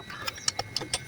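The opposite-side cover latch on a Kawasaki Bajaj Boxer CT150 motorcycle under restoration is pushed into the frame, producing several sharp clicks in quick succession at about 0.3, 0.5, 0.6, 0.8 and 0.9 seconds. The latch seats and locks at 0.8 seconds.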